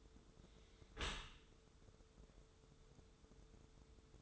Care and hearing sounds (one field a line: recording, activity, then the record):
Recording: daily activity, microphone in the room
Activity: close dishwasher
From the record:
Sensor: 3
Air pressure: 1015.0 hPa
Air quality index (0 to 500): 36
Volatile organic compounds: 1 ppm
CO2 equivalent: 564 ppm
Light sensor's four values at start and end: 11/26/11/11 and 11/26/11/11